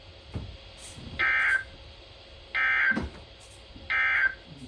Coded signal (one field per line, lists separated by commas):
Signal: Emergency Alert System (SAME) tones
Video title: EAS 1935 & 1936 - Double Header